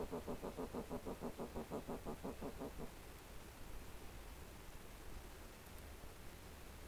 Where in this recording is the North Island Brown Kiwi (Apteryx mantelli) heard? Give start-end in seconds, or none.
0.00-6.88